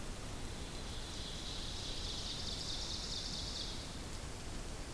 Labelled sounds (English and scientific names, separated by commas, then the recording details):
Ovenbird (Seiurus aurocapilla) song
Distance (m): 75 m
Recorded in boreal forest in Alberta, Canada, on 2 June 2016 at 06:28
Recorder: SongMeter 3, array SBT-3-7
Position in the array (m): 197 m, 96 m
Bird 6